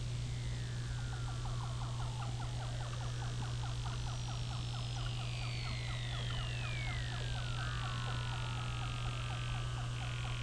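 Whale calls underwater: a rapid run of short pulsed notes, then long gliding whistles sweeping downward, over a steady low mechanical hum.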